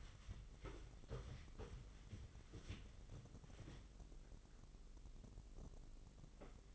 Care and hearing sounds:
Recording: daily activity, microphone in the room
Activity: wipe stove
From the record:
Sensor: 4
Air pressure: 996.9 hPa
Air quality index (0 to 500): 93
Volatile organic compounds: 5 ppm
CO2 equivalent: 1817 ppm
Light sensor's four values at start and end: 17/49/18/20 and 17/47/17/19

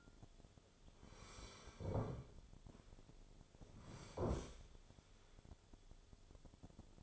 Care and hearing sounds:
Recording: daily activity, microphone in the room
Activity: sit down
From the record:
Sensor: 5

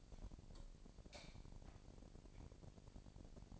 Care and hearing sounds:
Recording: daily activity, microphone in the room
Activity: light off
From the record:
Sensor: 5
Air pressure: 1012.0 hPa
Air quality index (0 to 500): 247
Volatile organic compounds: 5 ppm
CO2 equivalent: 1708 ppm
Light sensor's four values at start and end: 39/93/38/40 and 37/88/36/37

